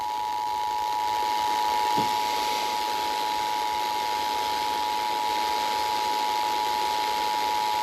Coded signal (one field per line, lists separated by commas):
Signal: Emergency Alert System (SAME) tones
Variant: 853 and 960 Hz attention tone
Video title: (EAS #1366) Severe Thunderstorm Warning WRBK 90.3 FM 7/27/26